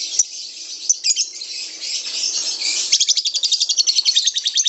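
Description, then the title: Lovebird song: shrill, continuous high chatter with scattered squeaks, turning into a fast, pulsing trill of rapid repeated notes over the last two seconds. Lovebird masteran (training song) recording. "MASTERAN BURUNG 2. LoveBird"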